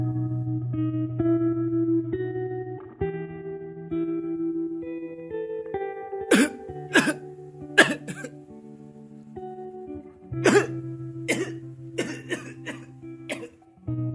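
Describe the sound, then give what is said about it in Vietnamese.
Tired, hoarse coughing from inside a thatched house in the middle of a rice field breaks out in a cluster of harsh bursts, with a few short coughs in quick succession, over a slow, sustained musical drone of low held notes. “Những tiếng ho đầy mệt vọng ra từ bên trong căn nhà lá nằm hiu hắt giữa cánh đồng lúa, một con đường đất nhỏ dẫn vào căn nhà”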